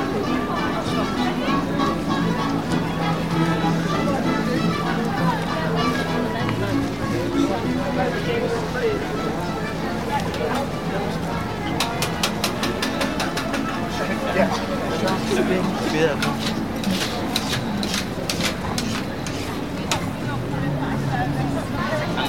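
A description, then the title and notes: A busy Christmas market with a steady crowd of overlapping voices. Sharp clicks and knocks, like stalls being handled or items set down, cluster in the second half, and a low hum, possibly a passing vehicle, runs beneath. Plymouth Christmas Market.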